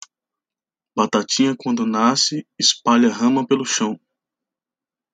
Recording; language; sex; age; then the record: short text; Brazilian Portuguese; male; 30 to 39 years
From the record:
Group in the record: control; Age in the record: 30 years